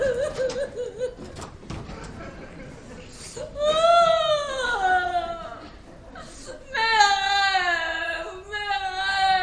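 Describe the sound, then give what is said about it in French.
A woman cries in long, wavering wails that slide downward in pitch, coming in two loud sobbing bursts after a quieter, broken vocal start, in a 1972 performance of Labiche's play La Station Champbaudet. “Elle pleure.”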